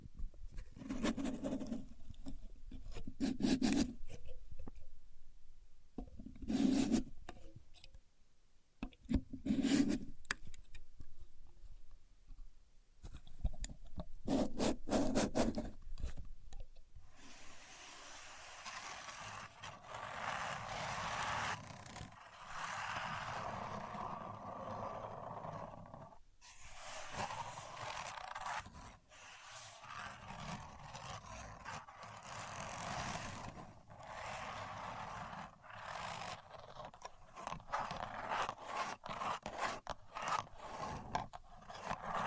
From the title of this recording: Using A Contour Gauge (No Talking)